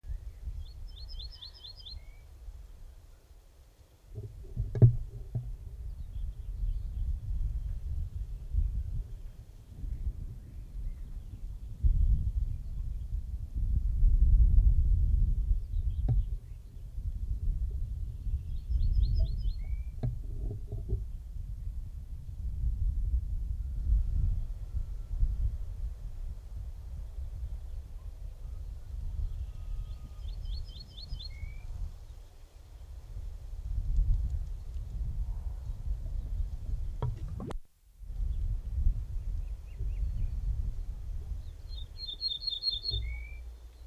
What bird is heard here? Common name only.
Ortolan Bunting